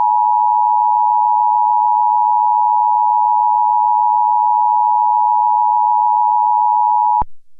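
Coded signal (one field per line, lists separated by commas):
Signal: Emergency Alert System (SAME) tones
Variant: 853 and 960 Hz attention tone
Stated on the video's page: Recreation of the 2011 National EAS Test; not the original broadcast.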